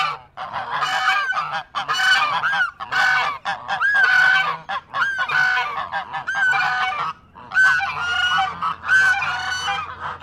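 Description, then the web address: Chinese goose honking agitatedly, loud nasal harmonic honks in rapid bursts with only brief gaps. "Sound Effects-Foundation 1 BIRD GEESE CHINESE HONK AGITATED"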